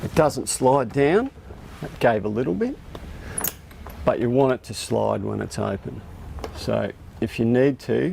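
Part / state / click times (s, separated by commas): cam lever clamp on a bimini frame tube / not seated / none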